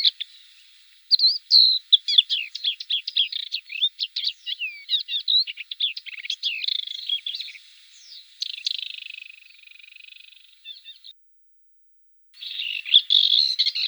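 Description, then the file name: Blyth's reed warbler song of quick repeated clicks and downslurred whistles, slowing into a buzzy trill, then a pause and a fresh burst of chatter. "Kamyshovka indijskaja"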